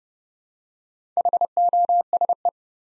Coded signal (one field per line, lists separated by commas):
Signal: Morse code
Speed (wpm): 30 wpm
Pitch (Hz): 700 Hz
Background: none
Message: HOSE